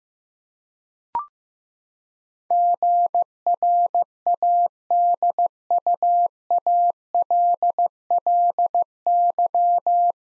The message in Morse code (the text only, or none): GRADUALLY